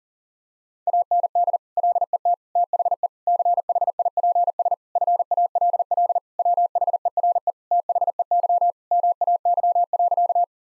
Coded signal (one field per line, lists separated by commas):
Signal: Morse code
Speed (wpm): 40 wpm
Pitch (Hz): 700 Hz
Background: none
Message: AND LET THE CHIPS FALL WHERE THEY MAY.